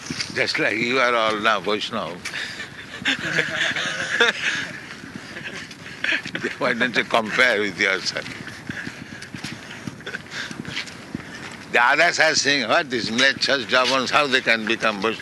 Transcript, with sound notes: Just like you are all now Vaiṣṇava. [laughter] Why don't you compare with yourself? The others are seeing, "What these mlecchas, yavanas, how they can become Vaiṣṇava?"